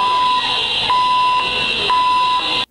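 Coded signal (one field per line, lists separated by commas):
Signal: alarm pattern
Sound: steady 1 kHz alarm tone in roughly half-second segments over loud hiss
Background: loud background hiss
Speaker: Other Honeywell systems might play this tone.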